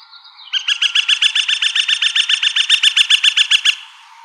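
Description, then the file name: Gilded Flicker call: a long, steady series of loud, ringing notes, given rapidly for roughly three seconds before stopping. Woodpecker. "GIFL deviche"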